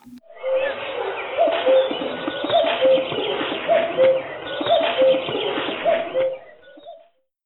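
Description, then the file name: Common cuckoo call: five paired cu-coo notes, the second lower than the first, repeated about once a second over a rough background hiss. "Cuculo"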